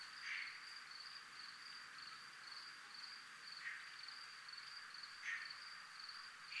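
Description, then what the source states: Cricket calling with a steady high pulsed trill, with a few soft hissing swells behind it. Recorded in a 'zona militar' (military zone).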